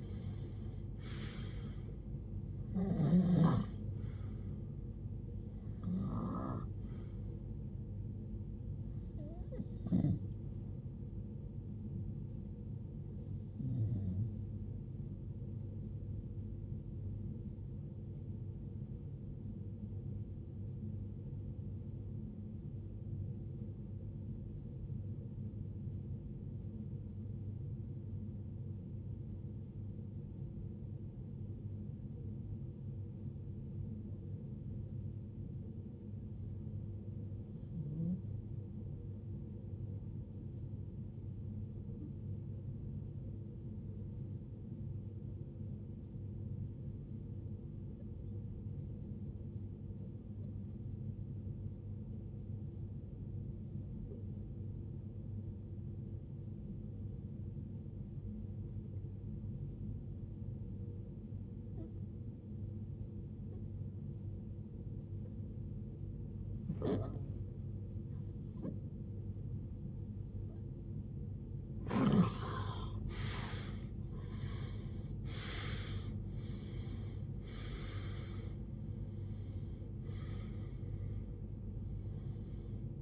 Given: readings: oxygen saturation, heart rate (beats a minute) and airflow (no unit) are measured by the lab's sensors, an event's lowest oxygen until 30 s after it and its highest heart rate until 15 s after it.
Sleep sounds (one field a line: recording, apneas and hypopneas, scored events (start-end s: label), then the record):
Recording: breathing in sleep by a smartphone at the bedside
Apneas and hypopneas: 2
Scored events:
23.00-39.00 s: hypopnea (REM, oxygen 97% highest, then 90% lowest, heart rate 68 at the start, 93 highest)
42.00-75.20 s: hypopnea (REM, oxygen 97% highest, then 78% lowest, heart rate 93 at the start, 93 highest)
From the record:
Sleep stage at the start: REM sleep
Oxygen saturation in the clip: 84 to 97%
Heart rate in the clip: 44 to 93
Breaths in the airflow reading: 24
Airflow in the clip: -21.6 to 19.6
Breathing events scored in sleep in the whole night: 389 in 6.3 hours asleep